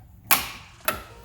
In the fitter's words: They just snap right in.